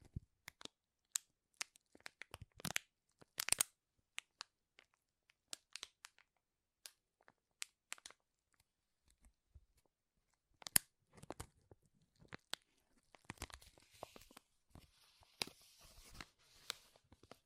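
Sharp, irregular crinkles snap out in bursts across the clip, with quiet gaps between, growing denser and more continuous near the end.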